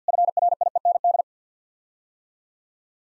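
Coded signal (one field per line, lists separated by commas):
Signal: Morse code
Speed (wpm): 50 wpm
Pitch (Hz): 700 Hz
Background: none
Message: FRIEND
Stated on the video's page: Morse head-copy drill of common eight-word English sequences sent at 50 wpm, each set sent, spoken, then sent again.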